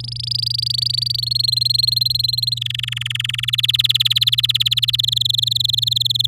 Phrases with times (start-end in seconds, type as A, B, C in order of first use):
0.00-1.21 A, 1.22-2.54 B, 2.56-3.45 C, 3.48-4.96 D, 4.98-6.26 E